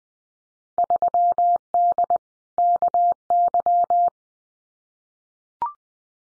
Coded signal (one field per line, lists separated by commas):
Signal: Morse code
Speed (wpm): 20 wpm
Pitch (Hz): 700 Hz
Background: none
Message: 3D KY